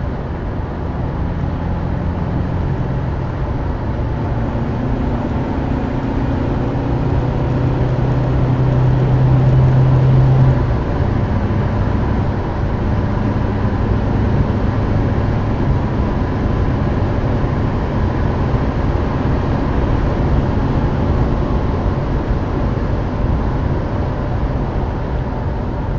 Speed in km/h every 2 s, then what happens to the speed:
156, 161, 167, 177, 185, 187, 187, 192, 194, 198, 202, 193, 180.
0-19 speeds up to 202. 21-26 brakes to 180.